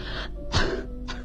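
A run of three harsh, breathy coughs in quick succession, the middle one the loudest and lowest, with no talking in between.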